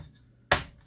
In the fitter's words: to put the put it back on it just kind of snaps into place and then